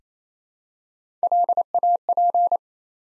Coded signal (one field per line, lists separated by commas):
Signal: Morse code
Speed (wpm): 28 wpm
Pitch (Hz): 700 Hz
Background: none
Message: LAP